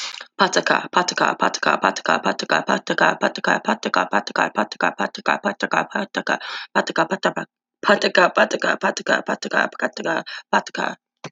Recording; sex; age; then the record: repeated syllables /pa ta ka/; female; 40 to 49 years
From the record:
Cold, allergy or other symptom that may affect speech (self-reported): no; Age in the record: 44 years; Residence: Pennsylvania, United States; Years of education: 15